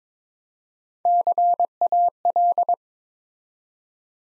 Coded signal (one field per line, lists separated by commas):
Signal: Morse code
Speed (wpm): 23 wpm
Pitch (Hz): 700 Hz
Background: none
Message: CAL